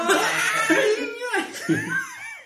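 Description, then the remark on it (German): A voice lets out a loud, baby-like crying scream, a strained wail that rises and falls in several wavering bursts over a couple of seconds. “Mit diesem legendären Babyschrei am Ende.”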